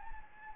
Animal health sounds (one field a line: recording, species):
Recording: mosquito wingbeat signal from an infrared sensor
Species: Anopheles gambiae